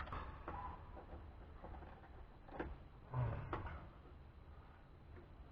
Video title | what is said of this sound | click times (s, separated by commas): 1999 Honda Accord Starter- Part 7 | Boom. Hear a click. Listen. | 0.5 s, 3.5 s